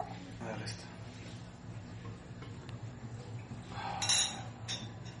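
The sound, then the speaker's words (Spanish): The cap of a bottle of Erdinger, a German beer, pops off a bottle opener with a metallic snap, followed by a couple of bright glassy clinks over a steady low hum, with voices murmuring in the background. “Así que abrirlas bien tradicional, como. Ajá. Al estilo ñero. con un destapador o con, digo, con una con el ojo o con el sobaco.”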